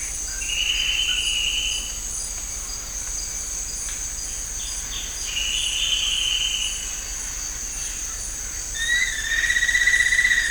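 Bird trills, three long level trills spaced a few seconds apart, the last one lower, over a shrill continuous insect drone.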